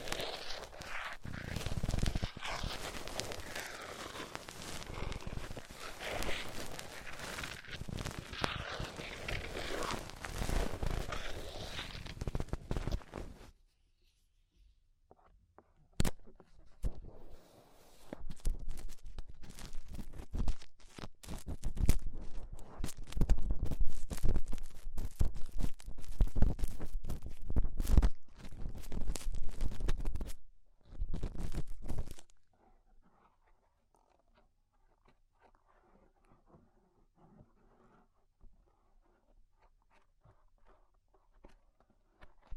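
Ear cleaning, with dense crackly rustling and crunching for the first 13 seconds, then a near-silent pause. Scraping and crunching resume from about 15 to 32 seconds in irregular bursts with a few sharp clicks, and the clip ends in faint, sparse rustling.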